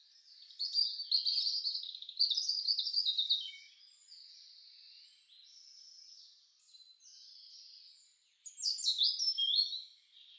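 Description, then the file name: European robin singing a run of sweet, high, wavering notes, drifting into softer drawn-out tones before a bright, tumbling closing burst. "roodborst"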